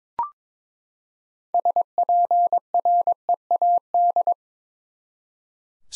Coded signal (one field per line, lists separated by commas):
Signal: Morse code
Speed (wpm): 22 wpm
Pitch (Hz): 700 Hz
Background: none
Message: SPREAD